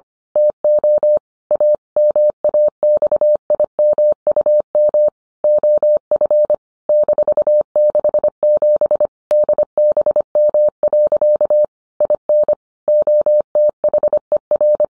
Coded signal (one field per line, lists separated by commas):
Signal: Morse code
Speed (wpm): 25 wpm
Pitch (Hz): 600 Hz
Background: none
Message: TO A MAXIMUM OF -67 DBM. IN OTHER